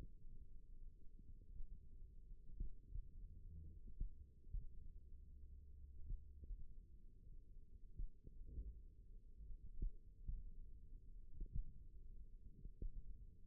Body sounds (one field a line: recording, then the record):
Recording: forearm muscle sounds (acoustic myography)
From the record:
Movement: finger pinch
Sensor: system 1, eight BSWA MPA416 microphones around the upper forearm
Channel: 4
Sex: female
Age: 21 years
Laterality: right